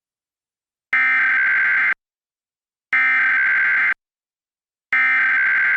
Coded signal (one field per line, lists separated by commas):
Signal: Emergency Alert System (SAME) tones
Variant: header bursts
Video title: 2021 National Periodic EAS Test - EAS 65-70